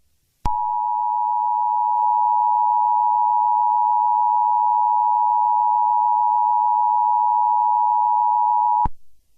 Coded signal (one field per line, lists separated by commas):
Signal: Emergency Alert System (SAME) tones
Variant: 853 and 960 Hz attention tone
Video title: EAS scenario 8: among us